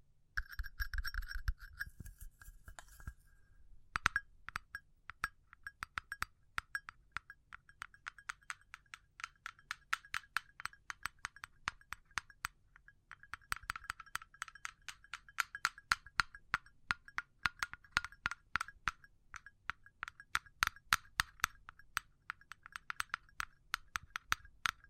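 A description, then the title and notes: Fingertip tapping on a hard surface, a dense stream of sharp, clicky knocks with a bright ringing tone, like glass or metal. The first few seconds are a quick flurry, then a short pause, then the taps continue in uneven bursts, sometimes fast, sometimes sparser. ASMR Pure Tapping Fast and Slow (No Talking).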